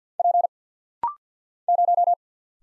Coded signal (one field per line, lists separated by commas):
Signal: Morse code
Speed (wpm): 48 wpm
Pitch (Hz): 700 Hz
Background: none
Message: P 0